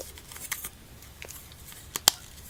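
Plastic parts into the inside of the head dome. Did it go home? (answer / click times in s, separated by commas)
yes / 2.1 s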